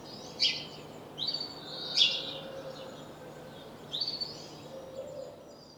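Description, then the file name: House sparrow chirping, a few sharp chirps in the first half, then softer chirps, over a constant low hiss. "Passer domesticus"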